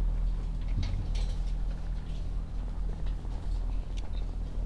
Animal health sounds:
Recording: poultry house recording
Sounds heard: sick chickens (respiratory disease)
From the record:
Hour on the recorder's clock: 16

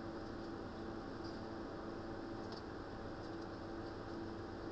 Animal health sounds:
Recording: poultry house recording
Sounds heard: no chicken sound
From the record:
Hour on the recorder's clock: 18

